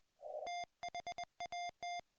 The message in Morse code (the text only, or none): THAT